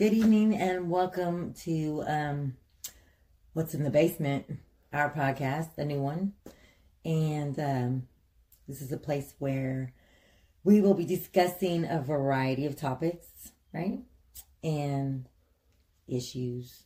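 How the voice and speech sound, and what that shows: A 46-year-old woman speaks clearly and fluently, giving a spoken welcome with natural pauses and fillers: normal speech.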